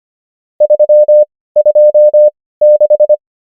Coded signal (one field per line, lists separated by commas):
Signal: Morse code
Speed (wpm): 25 wpm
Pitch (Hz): 600 Hz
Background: none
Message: 3 2 6